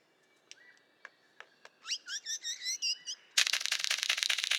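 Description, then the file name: Golden bowerbird giving a few soft clicks, then a run of several slurred notes, then a sudden loud grating rattle. "Prionodura Newtoniana"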